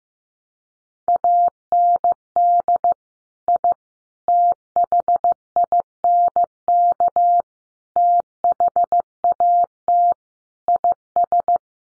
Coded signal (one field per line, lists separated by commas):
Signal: Morse code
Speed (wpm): 15 wpm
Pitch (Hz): 700 Hz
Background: none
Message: AND I THINK THAT IS